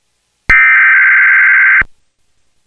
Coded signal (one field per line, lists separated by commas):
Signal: Emergency Alert System (SAME) tones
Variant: header bursts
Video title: (TCPMV) Emergency Alert System Required Monthly Test Scan V3